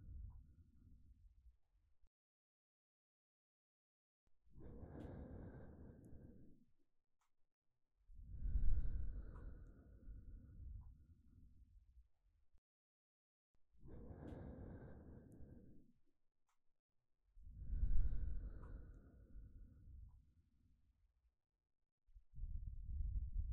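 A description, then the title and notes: Mouth sounds made up of slow, heavy breaths, coming in pairs: a softer intake followed by a louder, longer sigh-like exhale. Each pair repeats roughly every nine seconds, with near-silent gaps between breaths. MouthSounds.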